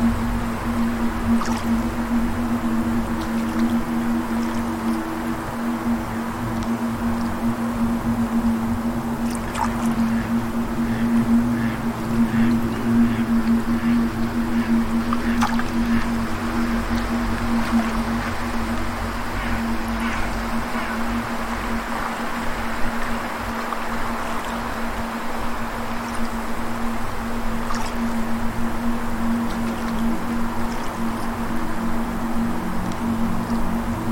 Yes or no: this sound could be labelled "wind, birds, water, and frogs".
yes